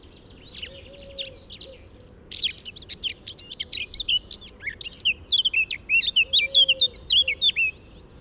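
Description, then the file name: Eurasian blackcap song, a continuous chattering warble that grows louder and clearer toward the end, with faint low drawn-out notes underneath. "Sylvia atricapilla"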